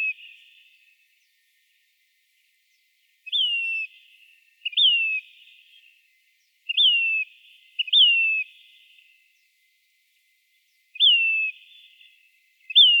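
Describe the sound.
Say's phoebe calls: several whistled notes that rise sharply then slide down, given at irregular intervals over a quiet background.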